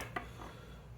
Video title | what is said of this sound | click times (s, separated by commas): TRX4M Area 51 Bronco Stage 1ish | And once we get it lined up, it just kind of snaps in place. | 0.2 s